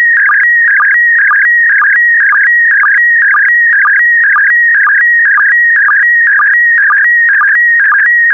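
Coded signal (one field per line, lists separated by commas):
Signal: SSTV (slow-scan television)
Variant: PD120 mode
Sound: steady warbling whine with rapid regular chirps about twice a second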